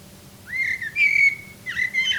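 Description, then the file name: Common blackbird giving three whistled notes, the first rising then level, the second slurred with higher harmonics. "Turdus merula"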